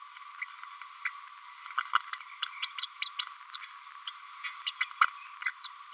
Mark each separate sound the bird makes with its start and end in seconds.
0.41-0.45, 1.05-1.09, 2.62-2.67, 2.78-2.86, 3.01-3.10, 3.19-3.26, 3.53-3.58, 4.07-4.10, 4.66-4.71, 4.80-4.85, 5.01-5.06, 5.64-5.69